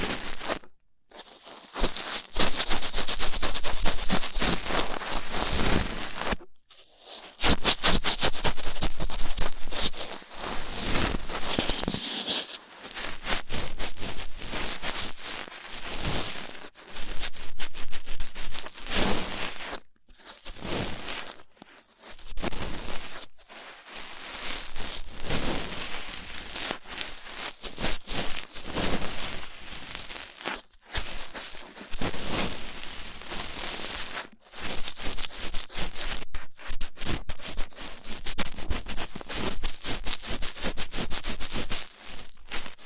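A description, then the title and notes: Rough ear cleaning fills the clip with dense, scratchy rubbing and crackling that runs in bursts of several seconds. Brief silent gaps break it up near 1, 7, 20, 22, 30 and 34 seconds. The scraping stays bright and harsh, changing in loudness from stroke to stroke. ASMR Rough Ear Cleaning (No Talking).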